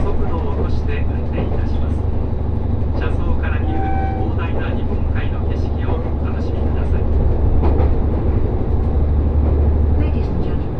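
Inside the Resort Shirakami No. 4 train on the Gonō Line, a constant deep rumble and rattle of the carriage fills the whole clip. People talk over it throughout, and a brief high tone sounds around the fourth second.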